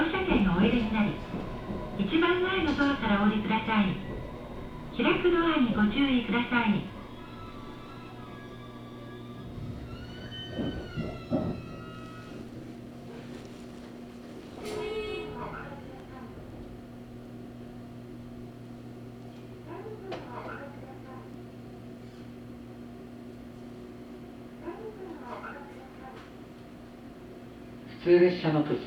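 A ride on the Sasebo Line from Arita toward Kitakata, opening with about seven seconds of a spoken announcement. A steady low hum runs underneath throughout, with a short gliding tone near ten seconds, scattered clunks and rattles, and a sudden loud burst at the end.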